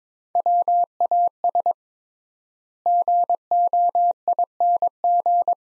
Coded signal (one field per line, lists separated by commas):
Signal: Morse code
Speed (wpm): 22 wpm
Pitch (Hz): 700 Hz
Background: none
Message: WAS GOING